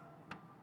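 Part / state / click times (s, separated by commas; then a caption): coolant reservoir cap onto truck antifreeze tank / torque reached / 0.3 s. A truck's coolant reservoir cap is turned clockwise by hand, between thumb and index finger, onto the antifreeze tank until snug. Its ratchet gives a single sharp click at 0.3 s over low background noise. After the click the cap won't turn any further, meaning it is on tight.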